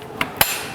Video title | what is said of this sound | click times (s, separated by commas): PPG Daljab Universitas Negeri Makassar - TKI - Siklus 1 (Pertemuan 1) Tahun 2023 | sampai berbunyi klik oke | 0.2 s, 0.4 s